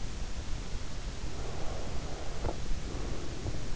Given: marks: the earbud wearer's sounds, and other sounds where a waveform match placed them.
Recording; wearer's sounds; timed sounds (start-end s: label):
sounds in sleep by an in-ear microphone; breath
1.20-3.71 s: breath